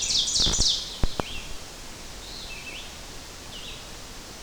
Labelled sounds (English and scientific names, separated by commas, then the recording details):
Red-eyed Vireo (Vireo olivaceus) song
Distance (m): 45 m
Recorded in boreal forest in Alberta, Canada, on 12 June 2016 at 05:45
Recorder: SongMeter 3, array SBT-3-18
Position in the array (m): 234 m, 100 m